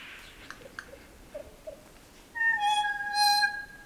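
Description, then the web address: Kokako calling: faint clicks and soft low notes, then long, resonant organ-like tones that swell in loudness. "sound kōkako. دانلود-صدای-پرنده-کوکاکو"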